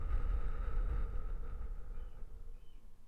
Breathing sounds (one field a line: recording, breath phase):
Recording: one breath near a microphone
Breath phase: exhalation